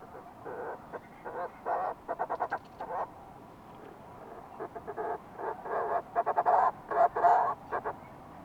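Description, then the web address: Fulmar prion calls: bouts of rough, rattling, pulsed notes come in clusters throughout, loudest near the end, over a low steady hiss. "sound fulmar-prion. صدای-پرنده-پریان-بدبو"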